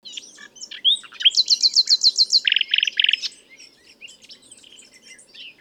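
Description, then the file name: Common nightingale song: a rapid series of loud repeated notes, first high then lower and buzzier, followed by softer scattered chirps; a faint low hum underneath. "Luscinia megarhynchos"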